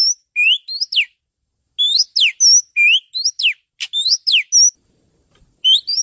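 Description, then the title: Oriental magpie-robin giving clear whistles and steep downward slurs in quick groups, with short silences between the phrases. Champion songster. "Kicau Burung Kacer Juara"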